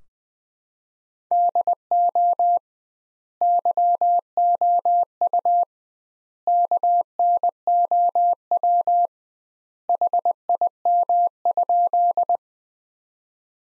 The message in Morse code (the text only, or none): DO YOU KNOW HIM?